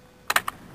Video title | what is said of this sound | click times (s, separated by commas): Axe sheath demo. | locks in place | 0.3 s, 0.4 s